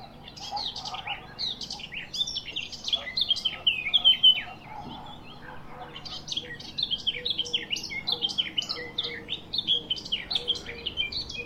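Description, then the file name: Eurasian blackcap warbling steadily, a long run of quick, varied chattering and fluting notes with a brief lull midway before the singing resumes. "Sylvia atricapilla"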